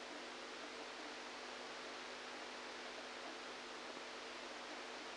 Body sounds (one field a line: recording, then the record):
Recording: brain microelectrode recording played as sound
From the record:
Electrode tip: outside the subthalamic nucleus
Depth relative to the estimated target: -6 mm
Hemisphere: right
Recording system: NeuroSet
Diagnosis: Parkinson's disease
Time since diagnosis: 27 years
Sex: male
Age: 62 years